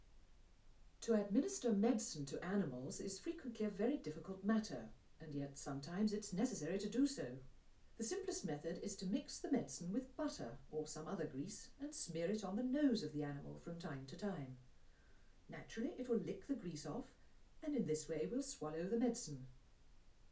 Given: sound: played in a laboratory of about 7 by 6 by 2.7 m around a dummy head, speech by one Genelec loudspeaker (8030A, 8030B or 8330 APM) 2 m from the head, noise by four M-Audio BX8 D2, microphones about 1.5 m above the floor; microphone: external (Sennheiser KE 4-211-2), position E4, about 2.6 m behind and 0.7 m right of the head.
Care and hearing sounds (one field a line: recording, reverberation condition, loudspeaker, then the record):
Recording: female speech in English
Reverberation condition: low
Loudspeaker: 30 degrees to the right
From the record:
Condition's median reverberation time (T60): about 310 ms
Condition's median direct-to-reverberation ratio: about 3.5 dB